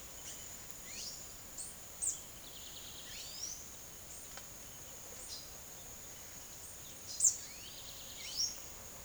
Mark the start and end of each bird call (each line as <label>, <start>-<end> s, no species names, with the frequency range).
bird call (1.5-10.4 kHz), 0.71-5.46 s
bird call (1.6-10.8 kHz), 6.61-8.57 s